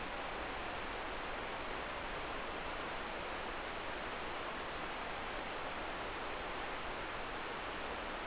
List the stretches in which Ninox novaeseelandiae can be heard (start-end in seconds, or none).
none